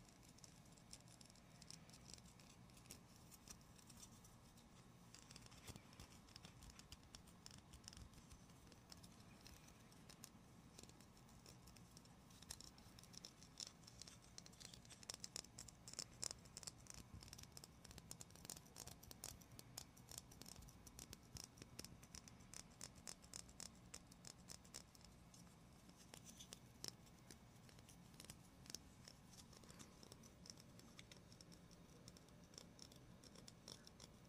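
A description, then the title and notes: Gentle tapping and scratching continue without pause, a dense patter of small, quick clicks and scrapes. Bursts grow busier and slightly louder around the middle, then ease back. A low, steady hum sits underneath throughout. ASMR medium gentle tapping and scratching. Sounds like: wooden toy memories, building blocks, books with puffy covers.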